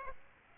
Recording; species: mosquito wingbeat signal from an infrared sensor; Aedes aegypti